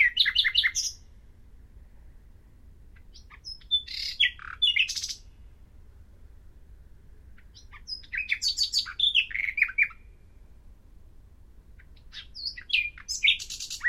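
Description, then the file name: Common nightingale singing four separate varied phrases of chirps, warbles and short trills, spaced by silent pauses of a couple of seconds. "Luscinia megarhynchos"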